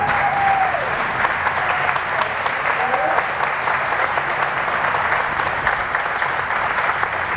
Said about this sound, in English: And I also want to recognize all of our CCSD principals that attended today. Can you please stand so that we can give you a round of applause?